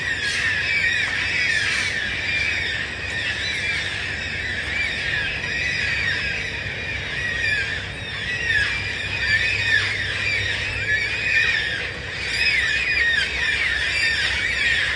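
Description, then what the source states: Yellow-tailed black cockatoos screaming, a dense continuous chorus of many overlapping wailing calls. Hundreds wheeling overhead at dawn before settling in surrounding bloodwood and blackbutt trees, 14 November, gloomy with rain holding off; calling very loud, about 100 decibels up close.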